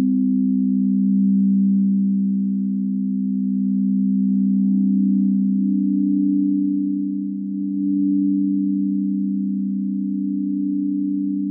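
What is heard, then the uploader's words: Steady, low humming tones sustain without pause, a smooth pure drone with faint higher notes entering midway and a slight dip near eight seconds. Healing Vibrations & Sound Bath.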